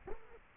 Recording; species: mosquito wingbeat signal from an infrared sensor; Culex quinquefasciatus